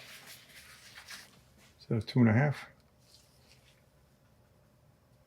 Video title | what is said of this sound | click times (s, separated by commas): 2022 FOX Float 34 Performance Elite FIT4 Step-Cast Full service beginners guide. Super easy service | Wow, that really does not want to snap in. | none